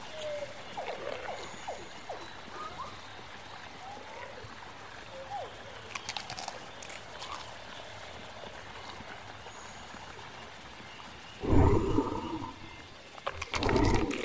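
Dinosaur sounds over a low, steady rumble: scattered short squeals and chirps fill the first half, with scraping bursts around six to seven seconds. Near eleven and a half seconds a loud, deep roar erupts, followed by another growling burst at the very end.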